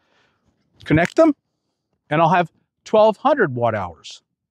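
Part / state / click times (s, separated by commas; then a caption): expansion battery pack connecting to portable power station / not seated / none. Expansion battery packs are being handled to connect to a BLUETTI AC60 portable power station with B80 battery. Someone talks in short bursts with pauses between, and no distinct click is heard. Nothing has seated or clicked yet.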